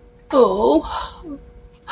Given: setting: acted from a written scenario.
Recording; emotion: vocal sound without words; guilt